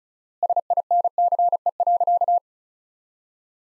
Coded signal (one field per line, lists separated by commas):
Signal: Morse code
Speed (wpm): 36 wpm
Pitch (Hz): 700 Hz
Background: none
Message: SINCE.